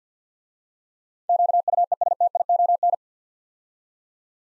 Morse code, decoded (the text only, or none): QUESTION